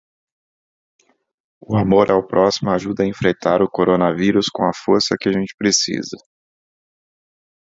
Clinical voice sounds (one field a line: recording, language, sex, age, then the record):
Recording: spoken sentence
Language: Brazilian Portuguese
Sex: male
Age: 40 to 49 years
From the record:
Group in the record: control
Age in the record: 47 years